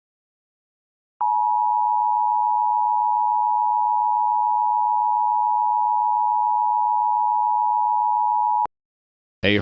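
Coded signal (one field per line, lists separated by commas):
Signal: Emergency Alert System (SAME) tones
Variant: 853 and 960 Hz attention tone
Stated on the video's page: Mock hurricane alert tones, a simulated emergency alert.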